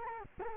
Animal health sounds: mosquito wingbeat signal from an infrared sensor; Culex quinquefasciatus

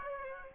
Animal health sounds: mosquito wingbeat signal from an infrared sensor; Aedes aegypti

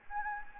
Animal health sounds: mosquito wingbeat signal from an infrared sensor; Anopheles gambiae

